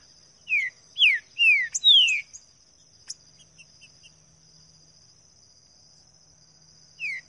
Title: Canto De Trinca Ferro Voz 08. TRINCA FERRO CANTANDO NO MATO